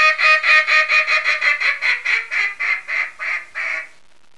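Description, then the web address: Mallard calling with a rapid string of loud, nasal quacks, slowing and softening before stopping. "Duck 224-Mallard"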